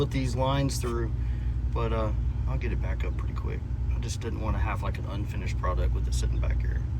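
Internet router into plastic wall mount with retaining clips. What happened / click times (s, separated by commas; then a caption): The unit is being handled and has not yet clicked into its mount / none. A Starlink internet router is being handled at a newly installed plastic wall mount with retaining clips in an RV basement, where it will be pushed in until the clips snap over it. Someone talks over a steady low hum, and nothing has seated or clicked yet.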